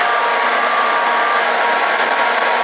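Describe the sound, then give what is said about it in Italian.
A steady, continuous mechanical drone from the air conditioner of a coach parked at a bus stop in Sassari, a broad hum with a faint tonal whine running unchanged throughout, then cutting off abruptly at the end. No one speaks. “È il climatizzatore di un gas di Pullman, gas che si piazza sotto qua, alla fermata.”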